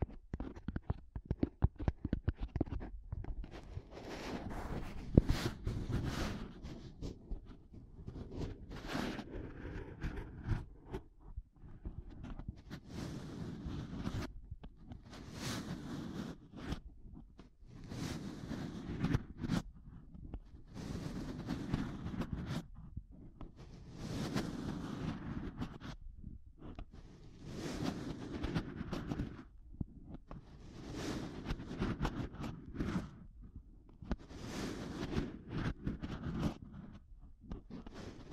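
Tapping and scratching on a microphone, with a dense, low, rumbling scrape that never stops. Sharp knocks and brighter rasping bursts break through every few seconds across the whole stretch, and the loudness swells and dips irregularly throughout.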